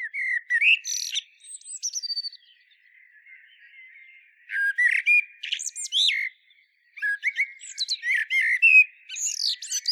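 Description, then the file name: Common blackbird song: warbled whistles mixing with thin, high squeaky notes, sung in three bursts with short quiet spells between. "Turdus merula"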